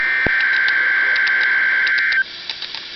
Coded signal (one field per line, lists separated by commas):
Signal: Emergency Alert System (SAME) tones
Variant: header bursts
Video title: EAS #10- Statewide Maryland Tornado Drill (From my iPod)